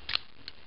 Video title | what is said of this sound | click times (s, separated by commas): Review FR - Transformers ROTF - Stratosphere | avez cette partie là que du fuselage cas servir de pied donc en force jusqu'au cliquer là | 0.2 s